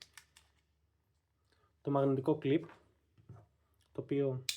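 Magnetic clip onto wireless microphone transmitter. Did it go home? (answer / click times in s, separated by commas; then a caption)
no / none. A magnetic clip is handled near a wireless microphone transmitter, producing a few faint clicks and taps at the start, followed by someone talking. Nothing has seated or clicked yet.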